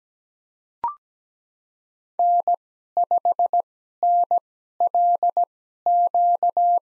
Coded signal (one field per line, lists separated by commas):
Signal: Morse code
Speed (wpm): 17 wpm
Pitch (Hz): 700 Hz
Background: none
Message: N5NLQ